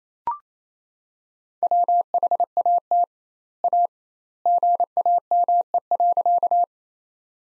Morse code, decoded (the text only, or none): WHAT A GAME.